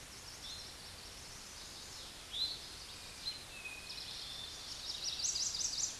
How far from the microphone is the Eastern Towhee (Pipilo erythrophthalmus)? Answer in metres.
about 35 m